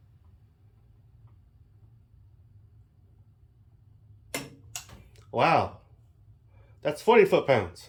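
A 1/2 inch split beam torque wrench set to 50 ft-lb is pulled against a torque tester until it clicks at 4.4 s, with another sharp click following at 4.8 s. Someone then talks, and the tester reads 40 ft-lb, about 10 lb low.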